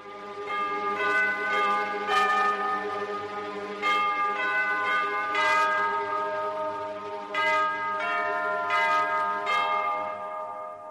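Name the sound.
church bell tolling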